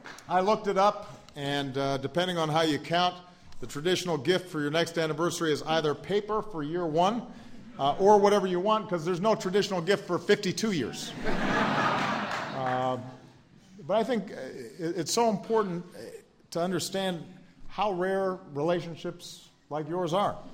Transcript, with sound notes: I looked it up, and depending on how you count, the traditional gift for your next anniversary is either paper, for year one -- or whatever you want, because there is no traditional gift for 52 years. (Laughter.) But I think it's so important to understand how rare relationships like yours are.